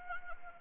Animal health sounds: mosquito wingbeat signal from an infrared sensor; Anopheles arabiensis

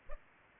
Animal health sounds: mosquito wingbeat signal from an infrared sensor; Aedes aegypti

